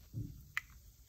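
On a second trial, a plastic cap is pressed onto a film canister holding a tablet and water, marking the start of timing for a reaction-rate rocket. A low rumble early on is followed by one sharp, bright click at 0.6 s as the cap snaps shut and seats.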